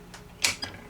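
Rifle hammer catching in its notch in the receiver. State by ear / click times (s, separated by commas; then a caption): seated / 0.4 s. During reassembly of a Husqvarna 1870 rolling block rifle, the steel hammer is pulled back after its pin is inserted and clicks into the pre-fired notch in the receiver. A faint tick at 0.1 s comes before a sharp, bright metallic click at 0.5 s, followed by a softer tick about 0.2 s later. The hammer is seated in its pre-fired position.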